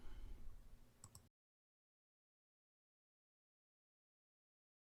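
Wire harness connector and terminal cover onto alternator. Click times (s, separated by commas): 1.0 s, 1.1 s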